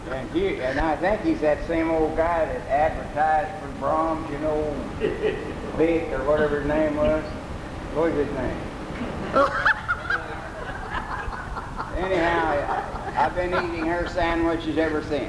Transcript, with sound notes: And he--and I think he's that same old guy that advertised for Braum's, you know--Vic, or whatever his name was. What was his name? (laughs) Anyhow, I--I've been eating her sandwiches ever since.